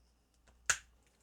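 The first plastic arm of a Blokees Action Edition Transformers One Optimus Prime (Orion Pax) model-kit action figure is popped into its shoulder joint. A faint tick comes at 0.5 s, then a single sharp, bright snap at 0.7 s that fades over about a tenth of a second. The arm seats in the joint at 0.7 s.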